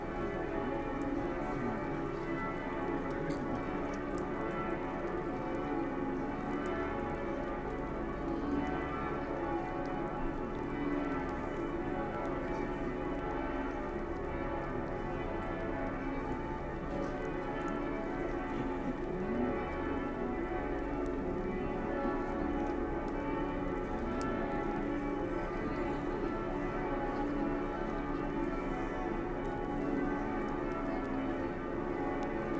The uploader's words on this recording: Christmas Eve in Tübingen. Walking around the old town here in Tübingen on Christmas Eve.